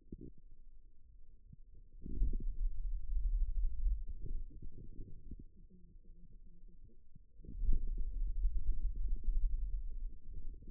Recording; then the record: forearm muscle sounds (acoustic myography)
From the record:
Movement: hand closing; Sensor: system 2, bracelet of six BSWA MPA416 microphones around the upper forearm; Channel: 1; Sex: male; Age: 22 years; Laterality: right